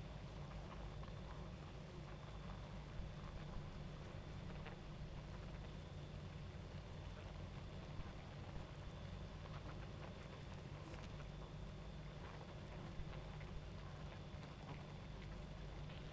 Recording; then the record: honeybee colony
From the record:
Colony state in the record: active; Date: 28 July 2017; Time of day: 23:47